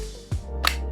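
The original magazine of a Cyma Noveske N4 airsoft replica rifle is pushed into the magazine well, giving a dull low thump at about 0.3 s. A sharp, bright click follows at 0.7 s as the magazine locks in place, over a steady low hum. The magazine is seated.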